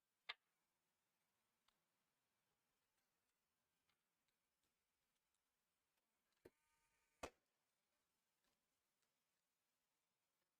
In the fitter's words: this little screwdriver it has a clutch on it so it's turning off automatically when you hear it go click